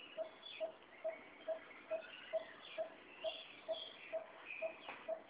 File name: Megalaima rubricapilla